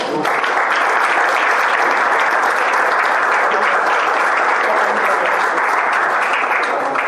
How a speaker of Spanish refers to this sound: Bueno, un aplauso colectivo.